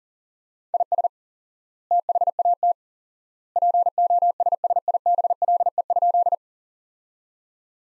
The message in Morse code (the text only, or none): IS THAT POSSIBLE?